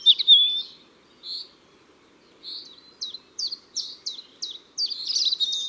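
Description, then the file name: European robin delivering a thin high warble, then a string of short, evenly spaced sliding notes, closing in a jumbled sparkling burst. Ardèche, France. "Rougegorge-Familier-Concerts-Naturels-De-l Ardeche"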